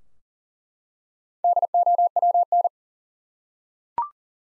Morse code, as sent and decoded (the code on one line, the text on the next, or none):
-.. --- .-- -.
DOWN